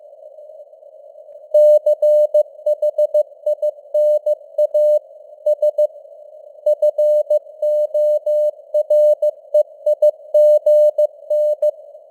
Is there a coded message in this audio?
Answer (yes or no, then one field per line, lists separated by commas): yes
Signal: Morse code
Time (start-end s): 1.5-11.7 s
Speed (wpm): 15 wpm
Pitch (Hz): 600 Hz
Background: none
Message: CHINA S FOREIGN